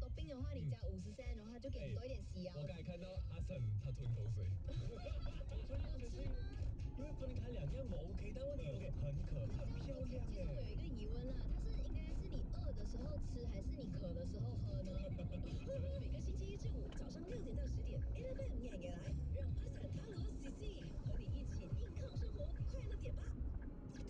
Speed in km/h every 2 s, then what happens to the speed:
3, 5, 7, 10, 16, 24, 36, 48, 50, 50, 53, 55.
0-21 speeds up to 55.